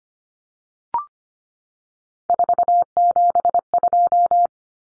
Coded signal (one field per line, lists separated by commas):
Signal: Morse code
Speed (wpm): 25 wpm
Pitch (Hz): 700 Hz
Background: none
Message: 472